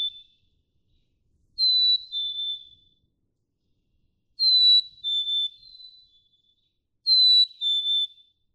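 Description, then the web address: Black-capped Chickadee singing a sweet two-note whistle, high then slightly lower, given three times at steady intervals in otherwise quiet surroundings. "birdsongforthecurious songs Black-capped Chickadee"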